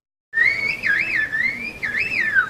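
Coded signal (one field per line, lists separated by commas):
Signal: whistled language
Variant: Turkish Kuş dili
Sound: a loud gliding whistle rising and falling between mid and high pitch, warbling twice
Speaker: They also use sound patterns, repeating certain sounds to represent other common words and expressions.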